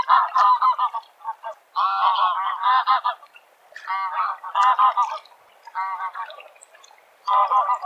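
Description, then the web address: Greylag goose honking calls, harmonic nasal honks in overlapping bursts that come and go throughout, several birds calling together with short pauses between bouts. "Oca selvatica 2 dic 2021"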